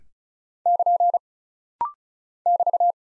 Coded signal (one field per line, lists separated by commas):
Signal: Morse code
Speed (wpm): 36 wpm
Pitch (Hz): 700 Hz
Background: none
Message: <KN> <BT>